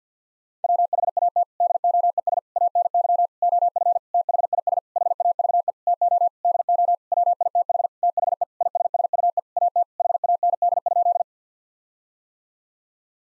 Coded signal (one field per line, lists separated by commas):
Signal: Morse code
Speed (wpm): 50 wpm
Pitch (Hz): 700 Hz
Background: none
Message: WHAT DOES ANY OF THIS HAVE TO DO WITH THE ISSUE AT HAND?